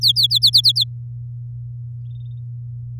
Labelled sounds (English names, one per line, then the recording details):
Domestic Canary song
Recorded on 6 May 2018 at 06:25
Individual llb16